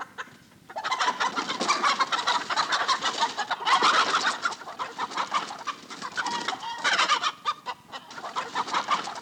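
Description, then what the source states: Chickens clucking and squawking agitatedly, many birds calling at once in dense overlapping bursts, with a brief lull before the noise swells again. Several agitated chickens in a hen house.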